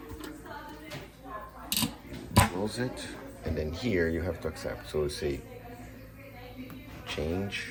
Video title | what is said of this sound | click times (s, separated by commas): Cerec - How to replace burs | turn it clockwise until you hear the click | 1.7 s